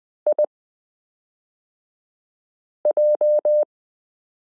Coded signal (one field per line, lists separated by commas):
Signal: Morse code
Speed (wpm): 20 wpm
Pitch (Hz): 600 Hz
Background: none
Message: IJ